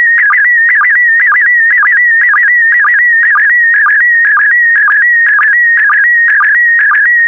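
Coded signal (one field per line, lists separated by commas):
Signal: SSTV (slow-scan television)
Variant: PD120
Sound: warbling whistle-like tone with a short low blip about twice per second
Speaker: Five, four, three, two, one. Transmission complete.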